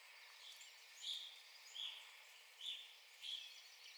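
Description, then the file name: Evening grosbeak calls: four brief ringing notes, each under a second apart, over a soft background hiss. Recorded 9 April 2021. "2021-04-09 Evening Grosbeak"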